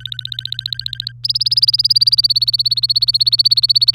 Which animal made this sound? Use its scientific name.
Serinus canaria